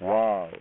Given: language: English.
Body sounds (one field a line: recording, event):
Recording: throat vibration sensor signal played as sound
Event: speech